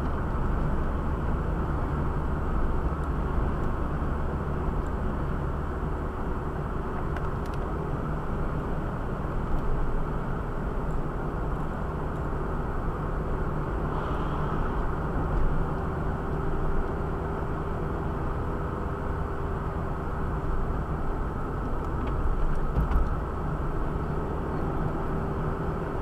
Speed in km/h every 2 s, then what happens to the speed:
58, 57, 57, 58, 58, 56, 59, 61, 62, 62, 63, 58, 57.
0-10 steady at about 57. 10-21 speeds up to 63. 21-26 slows to 57.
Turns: none.